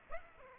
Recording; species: mosquito wingbeat signal from an infrared sensor; Aedes aegypti